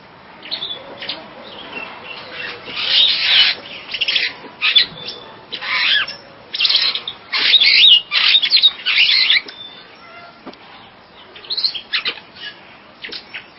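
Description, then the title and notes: Bird chattering in a busy run of scratchy chirps and short whistled notes, dense in the middle and thinning out later. "Bird Sound. Kicau Burung Lengkap"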